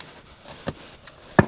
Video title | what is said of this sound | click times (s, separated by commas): Installing a Walbro 255 hp Fuel pump in an Eclipse or Galant. | You may have heard that snap, and | 1.4 s